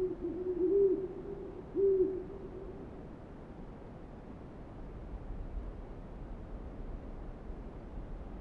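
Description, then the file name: Owl calling with two low wavering hoots early, followed by steady background hiss with no further calls. Recorded on 28 February 2009 at 04:05. "090228-0405 owls"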